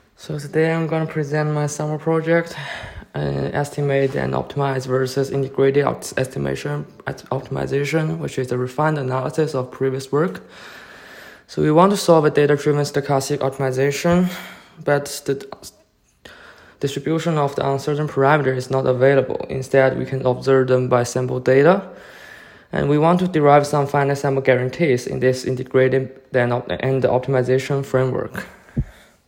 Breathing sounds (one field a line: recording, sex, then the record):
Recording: free speech after running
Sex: male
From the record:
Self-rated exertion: light exertion (2 of 6)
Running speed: 7 miles an hour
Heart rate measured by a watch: 116 beats a minute at the start, 112 at the end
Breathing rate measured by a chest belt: 10 breaths a minute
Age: 23 years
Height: 172 cm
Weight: 64 kg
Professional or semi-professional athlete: yes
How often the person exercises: 3 to 5 times a week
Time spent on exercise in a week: 2 to 3 hours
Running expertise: no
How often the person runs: 1 to 2 times a week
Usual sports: running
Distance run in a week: 15 km